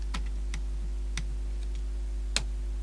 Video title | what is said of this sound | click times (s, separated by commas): Boombox Bonanza 22: Panasonic RT-680 Part 2. Fixing the Cassettes and Trying a Few Commercial Tapes | Yeah, do that and it just pops right up. | 2.4 s